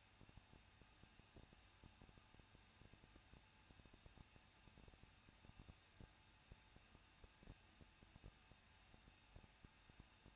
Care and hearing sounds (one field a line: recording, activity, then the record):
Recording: daily activity, microphone in the room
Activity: no activity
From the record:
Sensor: 2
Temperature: 21.0 degrees Celsius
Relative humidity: 37.3%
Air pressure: 1006.2 hPa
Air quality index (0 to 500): 221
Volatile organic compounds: 23 ppm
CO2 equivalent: 2795 ppm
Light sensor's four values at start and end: 2/3/2/2 and 2/3/2/2